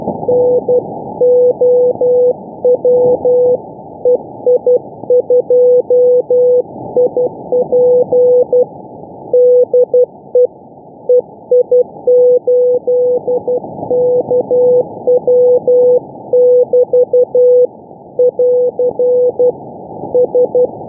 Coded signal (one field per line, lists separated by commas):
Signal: Morse code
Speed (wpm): 12 wpm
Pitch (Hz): 500 Hz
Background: none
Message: NOW EI2IP DE EI8KW <BT> <AR> S